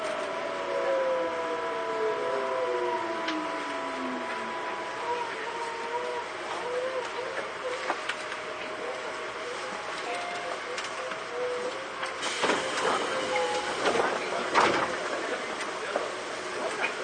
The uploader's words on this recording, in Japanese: 東武9000系 小竹向原ー日吉。東京メトロ副都心線→東急東横線の区間で録音。急行運用のため、モーター音が激しいです。